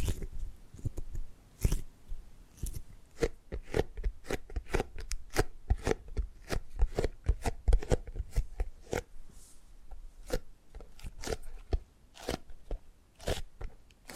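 Tapping and gripping sounds: a steady run of sharp, crisp taps, roughly two or three per second, each a bright click reaching from low thuds up to high ticks. Between taps, soft rustling and scraping fill the gaps, with a faint hiss around ten seconds.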